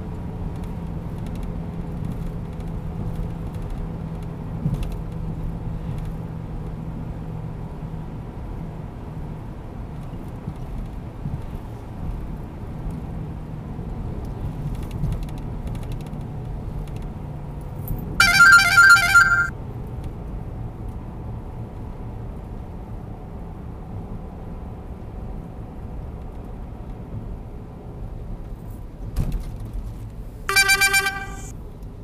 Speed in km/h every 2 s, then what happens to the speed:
90, 89, 87, 86, 85, 84, 84, 81, 79, 76, 71, 70, 67, 65, 61, 53.
0-32 slows to 53.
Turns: none.